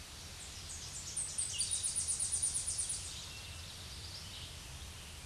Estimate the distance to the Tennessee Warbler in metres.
about 25 m